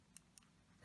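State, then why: Seated. A microSD card is pushed into the side slot of a Nextbase 422GW dashcam until the spring-loaded slot latches. A sharp, short click at 0.2 s is followed by a second, slightly softer tick at 0.4 s, and a faint rising noise at the very end. The card is seated in the slot.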